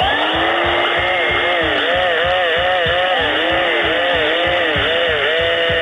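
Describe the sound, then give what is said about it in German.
A loud, steady vacuum cleaner roar runs throughout while an electric drill motor revs up and down in repeated whining pitch sweeps over a rapid, pulsing low rattle. “Heute zwei Instrumente, die out sind und wohl auch für immer out bleiben werden. Der Staubsauger und die Bohrmaschine.”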